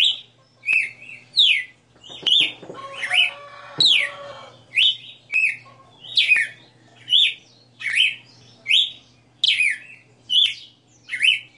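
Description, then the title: Red-cowled cardinal song of bright slurred whistles repeated in a long series, with a brief lower harmonic sound early on, over a faint constant hum. Female bird singing live; the song is described as a 60-note song. "Canto Galo Campina Fêmea 02. Galo de Campina 60 NOTAS Cantando Ao vivo"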